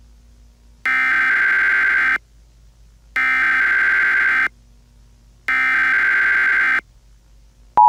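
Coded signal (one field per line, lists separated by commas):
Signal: Emergency Alert System (SAME) tones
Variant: header bursts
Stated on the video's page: Fictional scenario about a comet impact using valid alert tones assembled from others' clips.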